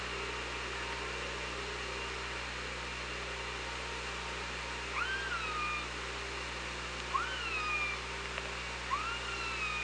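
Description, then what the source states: Orca calls, three arching tones that rise then fall with clear harmonics, in the second half, over steady hum and hiss. Recorded by OrcaLab on 24 August 2017.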